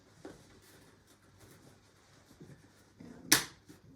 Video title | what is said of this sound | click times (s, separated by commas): Bugaboo Fox 5: Switching from Seat to Bassinet | press so you hear the click | 3.3 s